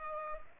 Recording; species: mosquito wingbeat signal from an infrared sensor; Culex pipiens